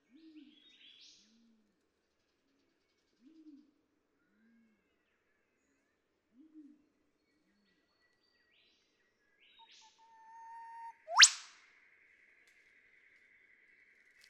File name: Eastern Whipbird